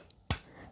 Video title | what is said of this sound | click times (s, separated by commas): Ring Plug-In Mount for Floodlight Cams UNBOXING & HOW TO INSTALL | but you want to rotate it you're going to rotate it until it clicks | 0.3 s